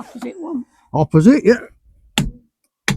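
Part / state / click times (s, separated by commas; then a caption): torque wrench on caravan wheel nut / torque reached / 2.2 s, 2.9 s. A torque wrench is used on the opposite wheel nut of a caravan wheel while people talk briefly. The wrench gives sharp clicks at 2.2 s and 2.9 s, confirming the nut is correctly torqued.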